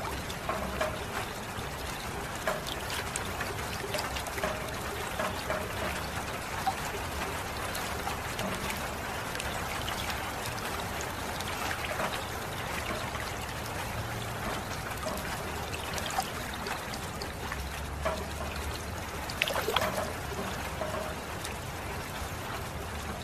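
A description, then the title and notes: Water trickles and splashes steadily throughout, a dense, even wash of small bright droplets and gurgles. A low rumble passes faintly beneath around eighteen to twenty seconds, with a brief louder splash near the twentieth second. Meditation with Water Sounds.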